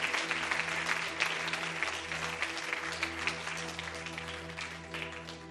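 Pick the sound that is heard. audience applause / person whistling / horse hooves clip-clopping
audience applause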